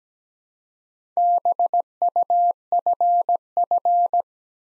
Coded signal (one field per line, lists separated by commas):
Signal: Morse code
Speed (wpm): 17 wpm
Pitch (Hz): 700 Hz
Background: none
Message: BUFF